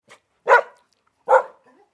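Dog barking: two sharp, loud barks under a second apart, a short faint yelp before them and a quiet whine trailing after, otherwise silent.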